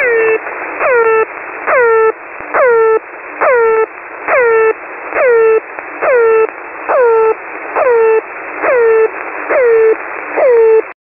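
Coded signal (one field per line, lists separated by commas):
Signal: channel marker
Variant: The Air Horn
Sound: about twelve honking bursts each second, each sliding down in pitch like an air horn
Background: radio static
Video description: Characteristics: Air horn like sound, 24/7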